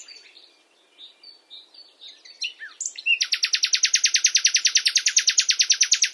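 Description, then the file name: Common nightingale song: softer chirps and whistles building to a long, loud, rattling series of rapid repeated notes. "Luscinia megarhynchos"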